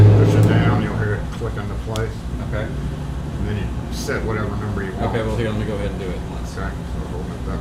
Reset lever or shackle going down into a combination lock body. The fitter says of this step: push it down you'll hear it click on the place okay